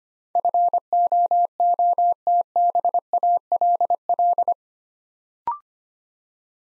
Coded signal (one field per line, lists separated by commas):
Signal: Morse code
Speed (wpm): 25 wpm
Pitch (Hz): 700 Hz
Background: none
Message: FOOTBALL